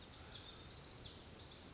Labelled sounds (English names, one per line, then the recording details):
Lazuli Bunting
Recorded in Sonoma County, California